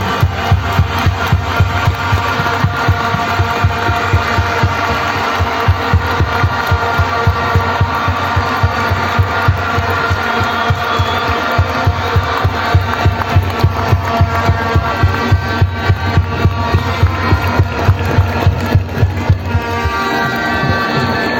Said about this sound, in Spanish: Demos un minuto de aplauso para nuestros caídos, compañeras y compañeros.